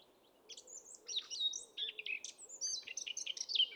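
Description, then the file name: Eurasian blackcap giving a brisk, varied warble of sweet whistles and scratchy notes, ending on a clear whistled note. "Sylvia atricapilla"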